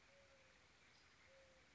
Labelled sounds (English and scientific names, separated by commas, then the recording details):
Mourning Dove (Zenaida macroura)
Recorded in Sonoma County, California